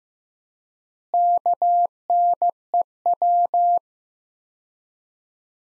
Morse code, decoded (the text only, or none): KNEW